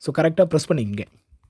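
A monitor stand base is being pressed onto the stand neck while a man talks for about the first second. Only a very faint tap follows, near 1.4 s. Nothing has seated or locked yet.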